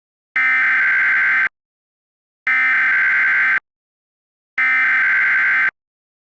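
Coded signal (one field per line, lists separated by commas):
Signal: Emergency Alert System (SAME) tones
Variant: header bursts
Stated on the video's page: Mock tornado emergency alert tones, a fictional recreation for Genesee County, Michigan.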